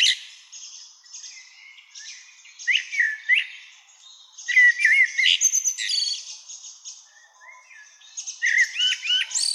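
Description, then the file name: Common blackbird song: whistled warbling phrases with scratchy high flourishes, separated by short gaps. "Turdus merula"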